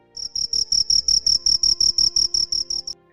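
Cricket chirping in a steady, even series of many short, high, shrill pulses, then stopping abruptly.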